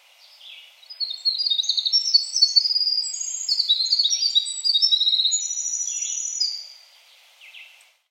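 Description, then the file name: Winter wren song, a long run of high, rapid twittering trills lasting about five seconds, followed by quiet and a brief faint note. Rib Mountain State Park, 3 July 2021. "Winter Wren Rib Mountain SP"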